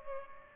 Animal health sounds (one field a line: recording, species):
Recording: mosquito wingbeat signal from an infrared sensor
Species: Culex pipiens